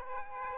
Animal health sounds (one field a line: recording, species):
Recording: mosquito wingbeat signal from an infrared sensor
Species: Aedes aegypti